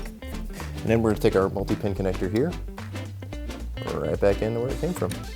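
A multi-pin connector from a BMW M6 door is handled and brought back toward its original mount in the car door panel while someone talks over background music. Nothing has seated or clicked yet.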